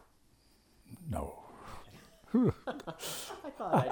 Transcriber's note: laughs